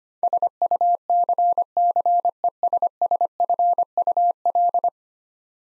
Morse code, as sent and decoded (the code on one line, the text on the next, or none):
... ..- -.-. -.-. . ... ... ..-. ..- .-..
SUCCESSFUL